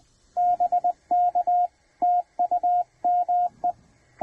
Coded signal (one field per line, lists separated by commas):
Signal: Morse code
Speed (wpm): 20 wpm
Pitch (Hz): 690 Hz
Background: radio noise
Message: BK TU ME